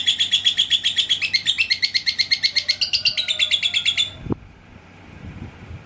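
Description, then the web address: Lovebird chatter of fast, evenly spaced high chirps for about four seconds, then abruptly stopping, followed by a short click and quiet background. "love-bird suara-lovebird-paud"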